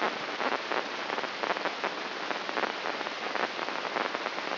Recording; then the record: brain microelectrode recording played as sound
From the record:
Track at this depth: outside the subthalamic nucleus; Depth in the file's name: 6.229 mm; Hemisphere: left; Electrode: 3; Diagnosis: Parkinson's disease